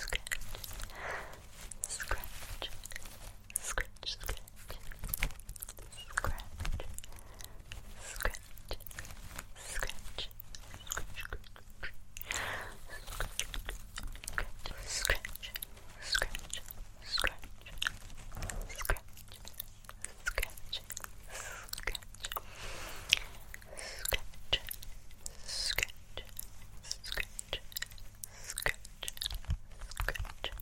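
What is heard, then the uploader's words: Dry scratching and light touching sounds fill the recording, a dense stream of quick crackly strokes and taps layered over one another. The texture stays busy and even throughout, with small sharper clicks popping out now and then over a faint low hum. ASMR Tingly Face Touching & Invisible Scratches with Layered Sounds.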